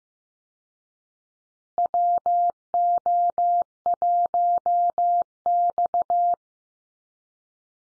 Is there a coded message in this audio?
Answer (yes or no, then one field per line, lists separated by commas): yes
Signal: Morse code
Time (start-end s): 1.8-6.3 s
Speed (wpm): 15 wpm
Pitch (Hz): 700 Hz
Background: none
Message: WO1X